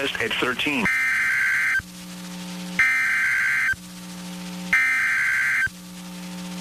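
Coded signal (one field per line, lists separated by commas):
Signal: Emergency Alert System (SAME) tones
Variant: header bursts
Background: speech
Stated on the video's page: NOAA Weather Radio EAS alerts from Mineral Wells and Waco, Texas, during a severe thunderstorm outbreak.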